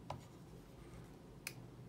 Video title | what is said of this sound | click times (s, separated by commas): The Daily Review 344: Lego Voltron | you'll hear you'll hear it click when that locks into place into here | 1.5 s